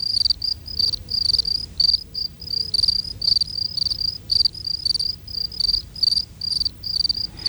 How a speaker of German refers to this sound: Der Gesang der Grillen kann uns dabei weiterhelfen. Es müsste euch bei dem Chor der drei Grillen nämlich etwas auffallen.